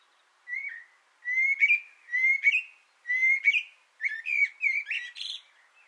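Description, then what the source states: Common blackbird song: a run of short, clear whistled notes, each with a slight upward slide, repeated about once a second, ending in higher twittering. Singing from an antenna, recorded 6 June 2025.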